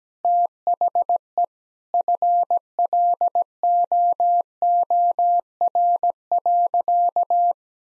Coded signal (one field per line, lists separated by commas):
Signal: Morse code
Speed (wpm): 17 wpm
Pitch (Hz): 700 Hz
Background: none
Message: THE FLOOR.